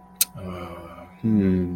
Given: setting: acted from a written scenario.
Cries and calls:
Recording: vocal sound without words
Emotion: sympathy

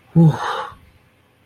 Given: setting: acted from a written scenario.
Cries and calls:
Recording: vocal sound without words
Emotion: relief

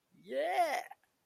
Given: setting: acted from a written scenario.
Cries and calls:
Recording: vocal sound without words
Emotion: pride

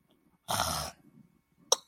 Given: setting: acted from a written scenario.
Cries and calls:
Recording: vocal sound without words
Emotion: confusion

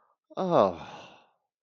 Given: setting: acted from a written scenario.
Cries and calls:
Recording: vocal sound without words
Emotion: disappointment

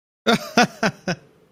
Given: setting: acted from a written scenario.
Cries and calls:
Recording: vocal sound without words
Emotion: amusement

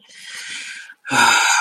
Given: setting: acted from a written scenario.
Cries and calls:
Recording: vocal sound without words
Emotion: shame

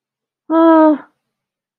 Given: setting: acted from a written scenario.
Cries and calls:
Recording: vocal sound without words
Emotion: distress

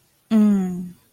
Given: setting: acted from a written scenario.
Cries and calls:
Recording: vocal sound without words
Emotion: desire

